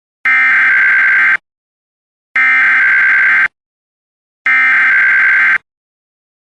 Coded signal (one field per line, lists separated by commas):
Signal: Emergency Alert System (SAME) tones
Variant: header bursts